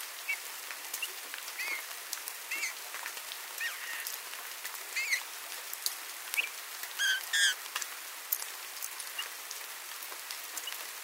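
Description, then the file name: Eurasian bullfinch giving soft, short piped whistles, scattered and irregular, a few louder paired notes near the end, over constant crackling patter like rain. "Pyrrhula pyrrhula"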